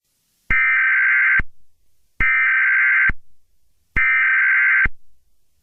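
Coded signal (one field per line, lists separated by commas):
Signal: Emergency Alert System (SAME) tones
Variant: header bursts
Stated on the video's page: Fictional alert scenario.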